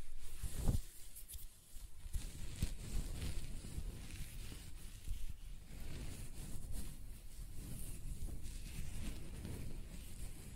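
Close-up hair sounds: continuous soft scratching and rubbing with a low, rumbling body and a hissy top. Brief sharper strokes stand out near the start, around one and three seconds, then the rustling settles into a fairly even, dense texture.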